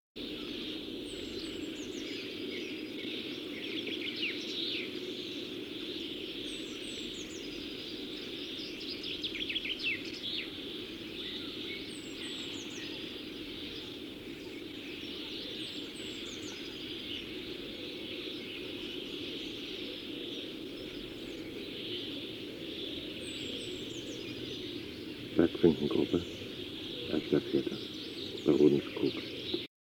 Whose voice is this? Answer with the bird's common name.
Brambling